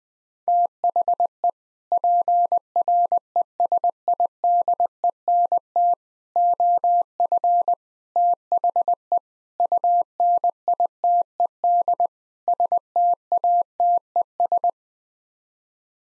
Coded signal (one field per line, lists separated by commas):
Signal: Morse code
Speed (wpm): 21 wpm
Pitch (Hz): 700 Hz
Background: none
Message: THE PRESIDENT OF THE UNITED STATES